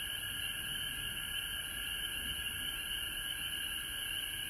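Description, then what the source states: Frogs in a continuous high-pitched chorus, many overlapping trills merging into an even, unbroken drone. Frogs calling at home in Georgia, recorded March 19, 2020.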